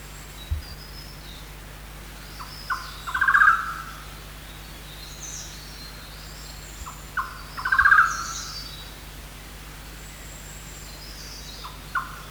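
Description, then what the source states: Golden-naped barbet calls: brief clipped notes leading into a short pulsed rattle, repeated roughly every four to five seconds, against soft background hiss and a low hum. Recorded 1 March 2008.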